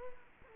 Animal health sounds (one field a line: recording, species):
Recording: mosquito wingbeat signal from an infrared sensor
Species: Culex quinquefasciatus